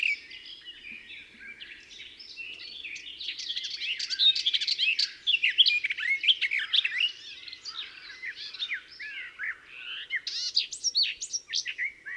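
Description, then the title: Garden warbler song: a long, rapid, rambling warble of mellow notes and quick slurred phrases, running on for several seconds with brief dips in volume. "La Fauvette des jardins"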